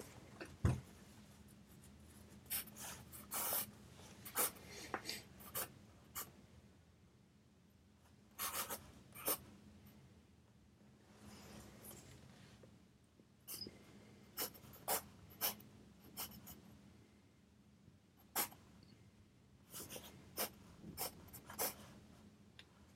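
A pencil scratches across paper while someone studies, in short irregular strokes and bursts that come every second or so, with a few quieter gaps around 10–13 seconds. Beneath it runs a steady low hum and soft hiss that never changes.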